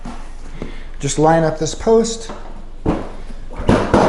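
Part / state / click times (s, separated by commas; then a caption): scooter seat onto seat post / seated / 3.9 s. Someone talks while the seat of a Pride Mobility Revo 2.0 travel mobility scooter is lined up, lowered onto its seat post and pushed down. A sharp snap at 3.9 s marks the seat locking into place, fully seated on the post.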